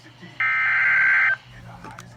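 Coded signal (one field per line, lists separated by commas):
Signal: Emergency Alert System (SAME) tones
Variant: header bursts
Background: speech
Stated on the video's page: Received on an HH54VP weather radio, which triggered after the third header instead of the second; its adapter malfunctioned.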